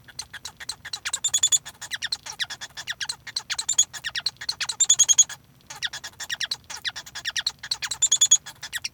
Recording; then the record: song of a male Bengalese finch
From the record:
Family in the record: son of father 1